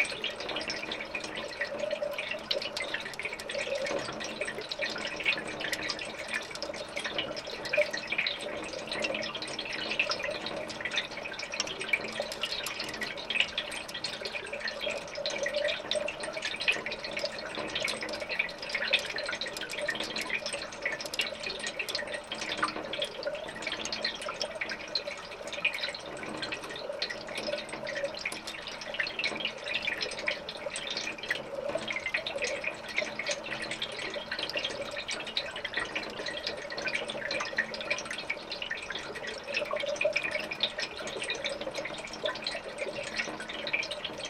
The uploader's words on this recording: A recording of Conococheague Creek in Michaux State Forest, Pennsylvania. I used a couple contact mics on a piece of aluminum, on a copper pipe and an old speaker wired as a mic in a Ziploc bag.